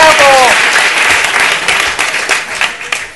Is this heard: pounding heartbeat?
no